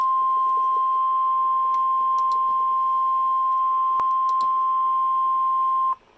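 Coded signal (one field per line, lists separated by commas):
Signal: Emergency Alert System (SAME) tones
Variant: 1050 Hz attention tone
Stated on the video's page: Severe thunderstorm warning from NWS Omaha.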